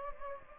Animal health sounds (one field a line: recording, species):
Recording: mosquito wingbeat signal from an infrared sensor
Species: Anopheles gambiae